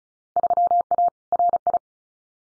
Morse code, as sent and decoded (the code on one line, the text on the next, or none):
...-- .- / .-. ..
3A RI